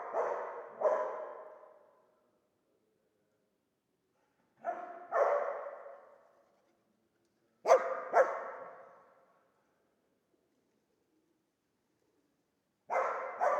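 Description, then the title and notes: Dog barking in paired barks spaced several seconds apart, sharp onsets fading into echoing tails, quieter between bursts. Old dog trapped in the pool basin of the decaying Palais El Glaoui courtyard, Fès, Morocco; full sun, circling, rising on hind legs to bark at visitors; recorded with Zoom F3 and ORTF microphone. "Fès, Fès-Meknès, Maroc - le chien du palais El Glaoui. Dans la cour du palais (en décrépitude avancée), un vieux chien est "prisonnier" dans le bassin/piscine. Il se dresse sur ses pattes arrières pour entrevoir quelques secondes ce qui se passe dans la cour et "invective" les visiteurs de ses aboiements. JF CAVRO"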